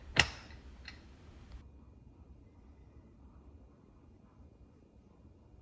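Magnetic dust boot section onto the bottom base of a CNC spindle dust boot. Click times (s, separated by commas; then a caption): 0.2 s. A 3D-printed dust boot section with embedded magnets snaps onto the bottom base of a CNC spindle dust boot on a Onefinity CNC as the magnets pull it into place. It seats with a sharp, bright click at 0.2 s, followed by two fainter ticks near 0.9 s and 1.5 s before the sound fades to low background noise.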